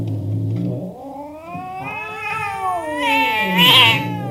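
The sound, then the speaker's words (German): Cats screech and caterwaul in a long, wavering yowl that climbs and bends in pitch, growing louder and shriller toward the end, as they rush at and bite a person. No talking. “Da rasten die Katzen auf mich los und schrien und bissen sich an mir fest.”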